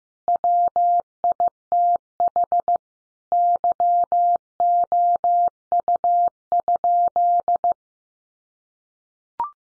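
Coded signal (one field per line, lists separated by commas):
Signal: Morse code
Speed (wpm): 15 wpm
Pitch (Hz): 700 Hz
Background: none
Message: WITH YOU?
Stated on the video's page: Morse sentence drill built from the top 700 words, sent at 15 wpm for head-copy practice; each sentence is sent, spoken, then sent again.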